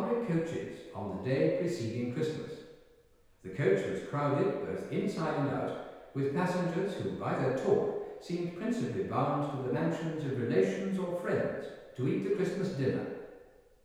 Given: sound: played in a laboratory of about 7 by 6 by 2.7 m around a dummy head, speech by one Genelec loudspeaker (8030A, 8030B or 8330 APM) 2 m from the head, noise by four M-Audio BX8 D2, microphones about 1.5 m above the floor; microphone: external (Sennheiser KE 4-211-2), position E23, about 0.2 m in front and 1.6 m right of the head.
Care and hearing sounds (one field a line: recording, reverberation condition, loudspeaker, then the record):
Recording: male speech in English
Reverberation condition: high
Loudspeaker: 120 degrees to the left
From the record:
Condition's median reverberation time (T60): about 1300 ms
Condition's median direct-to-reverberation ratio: about -4.0 dB